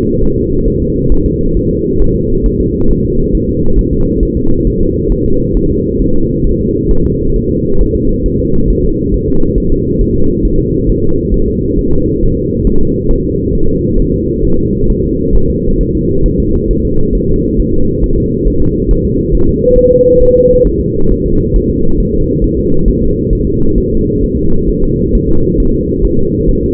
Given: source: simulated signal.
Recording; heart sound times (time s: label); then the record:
fetal heart sounds
0.24 s: S1
0.38 s: S2
0.68 s: S1
0.82 s: S2
1.12 s: S1
1.26 s: S2
1.57 s: S1
1.71 s: S2
2.02 s: S1
2.16 s: S2
2.46 s: S1
2.60 s: S2
2.91 s: S1
3.05 s: S2
3.35 s: S1
3.49 s: S2
3.79 s: S1
3.93 s: S2
4.23 s: S1
4.37 s: S2
4.67 s: S1
4.81 s: S2
5.12 s: S1
5.26 s: S2
5.57 s: S1
5.71 s: S2
6.02 s: S1
6.16 s: S2
6.47 s: S1
6.61 s: S2
6.91 s: S1
7.06 s: S2
7.36 s: S1
7.50 s: S2
7.81 s: S1
7.96 s: S2
8.26 s: S1
8.40 s: S2
8.70 s: S1
8.84 s: S2
9.14 s: S1
9.28 s: S2
9.58 s: S1
9.72 s: S2
10.01 s: S1
10.16 s: S2
10.45 s: S1
10.59 s: S2
10.90 s: S1
11.04 s: S2
11.34 s: S1
11.48 s: S2
11.79 s: S1
11.93 s: S2
12.23 s: S1
12.37 s: S2
12.67 s: S1
12.81 s: S2
13.11 s: S1
13.25 s: S2
13.55 s: S1
13.69 s: S2
14.00 s: S1
14.14 s: S2
14.45 s: S1
14.59 s: S2
14.90 s: S1
15.04 s: S2
15.35 s: S1
15.50 s: S2
15.81 s: S1
15.95 s: S2
16.26 s: S1
16.40 s: S2
16.71 s: S1
16.85 s: S2
17.15 s: S1
17.29 s: S2
17.60 s: S1
17.74 s: S2
18.04 s: S1
18.18 s: S2
18.47 s: S1
18.62 s: S2
18.91 s: S1
19.05 s: S2
19.35 s: S1
19.49 s: S2
19.78 s: S1
19.93 s: S2
20.23 s: S1
20.37 s: S2
20.67 s: S1
20.81 s: S2
21.12 s: S1
21.26 s: S2
21.56 s: S1
21.70 s: S2
22.00 s: S1
22.14 s: S2
22.44 s: S1
22.58 s: S2
22.88 s: S1
23.03 s: S2
23.33 s: S1
23.47 s: S2
23.78 s: S1
23.92 s: S2
24.24 s: S1
24.38 s: S2
24.69 s: S1
24.84 s: S2
25.15 s: S1
25.29 s: S2
25.60 s: S1
25.74 s: S2
26.05 s: S1
26.19 s: S2
26.49 s: S1
26.63 s: S2
From the record:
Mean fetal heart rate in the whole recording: 135 bpm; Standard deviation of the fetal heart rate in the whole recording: 3 bpm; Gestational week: 36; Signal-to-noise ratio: -17.7 dB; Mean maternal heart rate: 72 bpm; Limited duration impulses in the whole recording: present